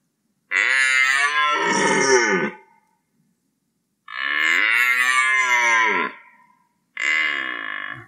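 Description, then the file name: Red deer roaring: three hoarse, harmonic bellows in a row, the first two about two seconds each, with pauses between them. "gímszarvas"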